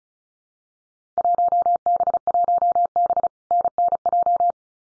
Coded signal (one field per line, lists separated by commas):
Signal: Morse code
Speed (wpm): 36 wpm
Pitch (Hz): 700 Hz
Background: none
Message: 1B1B NNJ